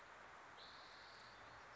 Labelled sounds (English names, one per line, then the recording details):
Spotted Towhee
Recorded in Sonoma County, California